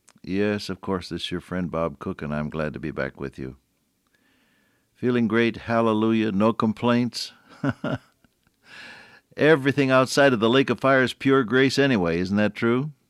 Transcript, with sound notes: Yes, of course, this is your friend, Bob Cook, and I’m glad to be back with you. Feeling great, hallelujah! No complaints. [chuckle] Everything outside of the lake of fire is pure grace anyway, isn’t that true?